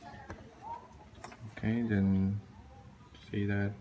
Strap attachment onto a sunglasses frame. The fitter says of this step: it's just a quick snap of it okay